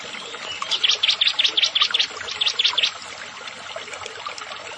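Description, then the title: Prinia song: a quick series of high, sharp chipping notes running for about two seconds before stopping, over a faint steady hiss. "Ciblek Sawah"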